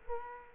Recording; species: mosquito wingbeat signal from an infrared sensor; Culex quinquefasciatus